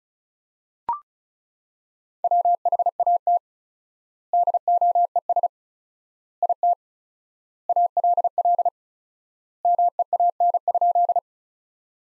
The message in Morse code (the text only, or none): WHAT DOES IT ALL MEAN?